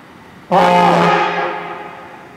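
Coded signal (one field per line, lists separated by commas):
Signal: coded fire alarm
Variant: Gamewell diaphone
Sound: one loud low moaning horn blast that starts abruptly and slowly fades away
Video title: Gamewell Diaphones Sounding for a Fire Call In Warehouse Point 4/13/2021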